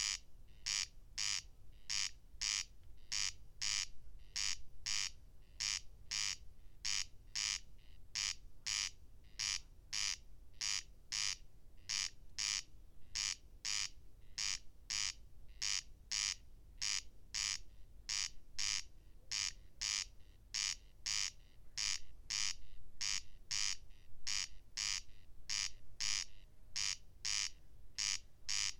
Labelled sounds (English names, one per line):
Corn Crake song